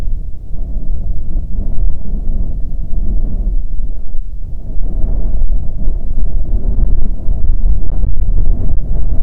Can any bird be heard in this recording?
no